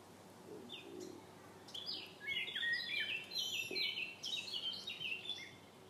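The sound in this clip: A bird sings a fast chattering phrase of sliding high notes, repeated in quick succession for several seconds, with soft low noise beneath.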